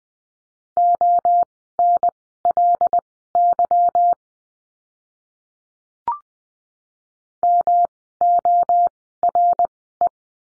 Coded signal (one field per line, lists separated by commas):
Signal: Morse code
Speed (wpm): 20 wpm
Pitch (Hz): 700 Hz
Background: none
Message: ONLY MORE